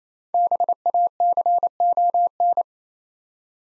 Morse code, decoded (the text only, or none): BACON